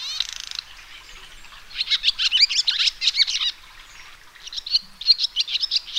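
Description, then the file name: Swallow twittering: a brief buzzy opening, then clustered high chirps and rapid warbled notes, a pause, and a final burst of sharp chirps. "golondrina"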